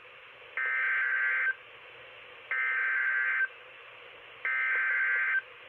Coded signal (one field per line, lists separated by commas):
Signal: Emergency Alert System (SAME) tones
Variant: header bursts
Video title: Raleigh, Im from Virginia, Not North Carolina (5/1/22) (EAS #137-141)